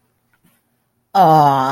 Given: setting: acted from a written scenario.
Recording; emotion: vocal sound without words; disappointment